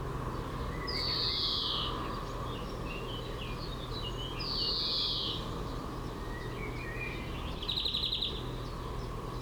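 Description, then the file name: European greenfinch song: two drawn-out wheezy buzzing notes sliding slightly downward, a few soft chirps between, then a short rapid trill, over a steady low hum. "Chloris chloris"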